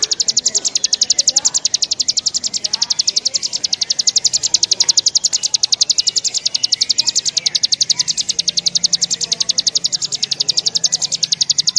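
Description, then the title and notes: Bar-winged prinia singing a fast, unbroken train of high, clipped notes, steady in pitch and rhythm for the whole stretch, over a soft hiss. Adults and young singing in the lively 'gacor' style. "Kicau Ciblek new. kumpulan suara burung ciblek gacor dan anakan"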